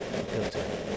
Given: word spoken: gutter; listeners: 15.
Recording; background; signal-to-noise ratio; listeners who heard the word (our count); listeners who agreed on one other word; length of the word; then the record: one English word in noise, from a listening test; noise modulated by three-talker babble; -4.4 dB; 0 of 15; 8 of 15; 0.57 s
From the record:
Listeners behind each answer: 8, 2, 1, 1, 1, 1, 1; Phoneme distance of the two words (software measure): 27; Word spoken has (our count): 2 syllables, 4 phonemes, stress on syllable 1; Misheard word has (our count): 2 syllables, 5 phonemes, stress on syllable 1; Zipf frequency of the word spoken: 3.43